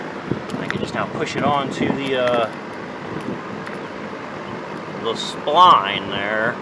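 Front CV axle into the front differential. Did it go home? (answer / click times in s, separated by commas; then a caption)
no / none. A front CV axle on a 2nd gen Dakota is handled as its inner end is lined up to be pushed onto the front differential's side-gear spline, where its retaining ring will snap in. Someone talks over a low background hum, with a couple of brief handling knocks. Nothing has seated or clicked yet.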